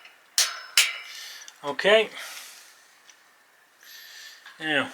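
A torque wrench tightens the bolt on the other side of a bicycle V-brake to 10 newton meters, giving two sharp clicks at 0.4 s and 0.8 s that confirm the set torque has been reached. Someone talks afterward.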